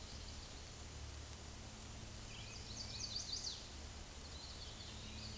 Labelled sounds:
Chestnut-sided Warbler (Setophaga pensylvanica) song
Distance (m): 50 m
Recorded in a Pennsylvania forest on 17 May 2023 at 13:46
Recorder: AudioMoth, point grid1_28_low
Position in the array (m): 90 m, 116 m

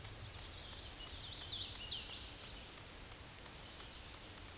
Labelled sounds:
Hooded Warbler (Setophaga citrina) song
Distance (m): 40 m
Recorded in a Pennsylvania forest on 18 May 2023 at 11:02
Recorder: AudioMoth, point grid1_32_low
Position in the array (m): 132 m, 105 m

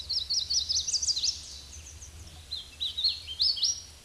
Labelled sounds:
Hooded Warbler (Setophaga citrina) song
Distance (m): 15 m
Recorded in a Pennsylvania forest on 18 May 2023 at 12:33
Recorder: AudioMoth, point grid1_18_low
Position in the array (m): 166 m, 171 m

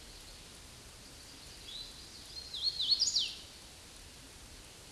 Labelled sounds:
Hooded Warbler (Setophaga citrina) song
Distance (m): 30 m
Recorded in a Pennsylvania forest on 18 May 2023 at 09:34
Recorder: AudioMoth, point grid1_7_low
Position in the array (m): 181 m, 81 m

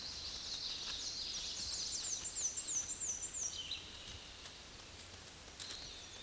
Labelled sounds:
Black-and-white Warbler (Mniotilta varia) song
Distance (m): 50 m
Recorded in a Pennsylvania forest on 19 May 2023 at 06:22
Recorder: AudioMoth, point grid1_14_low
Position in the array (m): 78 m, 105 m

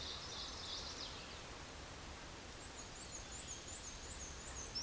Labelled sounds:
Black-and-white Warbler (Mniotilta varia) song
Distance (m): 55 m
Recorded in a Pennsylvania forest on 18 May 2023 at 08:32
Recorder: AudioMoth, point grid1_29_low
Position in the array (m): 86 m, 93 m

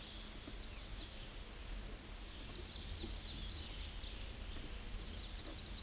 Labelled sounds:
Black-and-white Warbler (Mniotilta varia) song
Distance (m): 20 m
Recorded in a Pennsylvania forest on 19 May 2023 at 10:18
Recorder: AudioMoth, point grid1_33_low
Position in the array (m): 52 m, 114 m

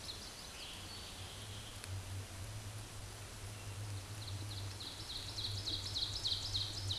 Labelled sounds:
Ovenbird (Seiurus aurocapilla) song
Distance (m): 40 m
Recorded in a Pennsylvania forest on 17 May 2023 at 12:47
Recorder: AudioMoth, point grid1_31_low
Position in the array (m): 182 m, 74 m

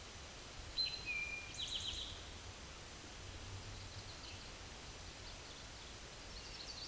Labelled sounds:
Eastern Towhee (Pipilo erythrophthalmus) song
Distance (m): 30 m
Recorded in a Pennsylvania forest on 17 May 2023 at 13:14
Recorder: AudioMoth, point grid1_31_low
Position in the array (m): 119 m, 84 m

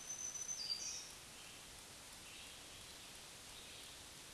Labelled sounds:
Black-throated Green Warbler (Setophaga virens) song
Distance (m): 25 m
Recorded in a Pennsylvania forest on 1 June 2023 at 08:47
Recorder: AudioMoth, point grid3_6_low
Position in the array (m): 183 m, 21 m

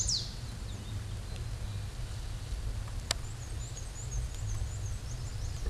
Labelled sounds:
Black-and-white Warbler (Mniotilta varia) song
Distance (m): 60 m
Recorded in a Pennsylvania forest on 18 May 2023 at 13:55
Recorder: AudioMoth, point grid1_9_low
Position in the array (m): 86 m, 46 m

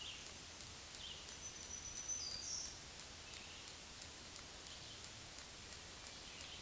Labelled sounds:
Black-throated Green Warbler (Setophaga virens) song
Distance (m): 40 m
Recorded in a Pennsylvania forest on 1 June 2023 at 07:18
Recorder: AudioMoth, point grid3_2_low
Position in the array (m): 166 m, 19 m

